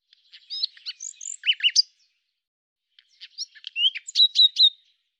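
Common nightingale song in two short bursts of quick varied chirps, each ending with notes repeated in threes, separated by a brief pause.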